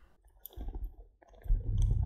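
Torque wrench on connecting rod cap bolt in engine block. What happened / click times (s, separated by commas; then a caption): The torque wrench clicked at its set torque / 0.5 s. A torque wrench tightens the connecting rod cap bolts on an engine block after the cap has been seated. A sharp click at 0.4 s shows the wrench reaching its torque setting, followed by low ratcheting and handling noise.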